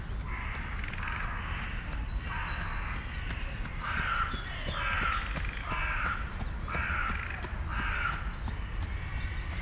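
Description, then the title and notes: Crow giving a steady series of raspy, nasal caws, about one each second, over low background noise. Corvids in Bois de la Cambre, Brussels, Belgium; recorded with Lom mikroUsi microphones into a Deity PR-2. "Bois de la Cambre, Bruxelles, Bruxelles-Capitale, Belgique - corvids. Corbeaux. corneilles"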